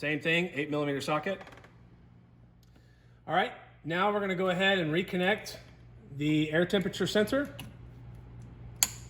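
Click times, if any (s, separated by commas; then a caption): 8.8 s. Someone talks while reconnecting the air temperature sensor electrical connector to the sensor on the intake tube during a Volant Performance air intake system install on a 5th Gen Ram 1500. After the talking, the connector is pushed home with one sharp click at 8.8 s, and it is seated.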